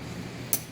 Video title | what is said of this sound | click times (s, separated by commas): Door Guard Inc. Locking Plate Demonstration | the ratchet tool in the direction away from the t-bar listen for two clicks at that point you should have about 90 pounds of pressure which is sufficient to hold the paneling in place | 0.5 s